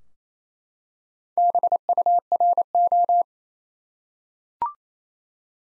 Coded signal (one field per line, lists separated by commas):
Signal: Morse code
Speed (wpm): 28 wpm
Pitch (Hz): 700 Hz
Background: none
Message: BURO